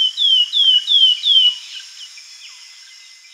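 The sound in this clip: Slaty flycatcher song of four loud, sweet whistles, each dropping in pitch, delivered about three per second, fading into fainter notes against a steady high background hum.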